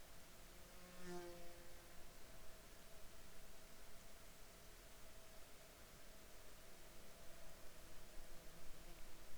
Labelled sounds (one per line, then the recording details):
insects
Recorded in Ivvavik National Park, Yukon, on 2 July 2019 at 16:24
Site SINP10